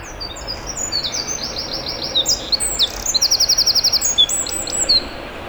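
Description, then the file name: Eurasian wren singing a high, rapid outpouring of sharp notes and fast rattling trills, with a dense trill in the middle and quieter chirps either side. "Troglodytes troglodytes"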